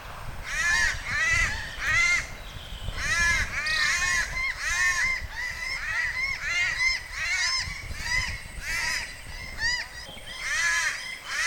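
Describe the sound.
Cuban palm crow calling in dense, overlapping runs of raspy caws, almost continuous, over a low rumbling background.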